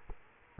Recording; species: mosquito wingbeat signal from an infrared sensor; Culex quinquefasciatus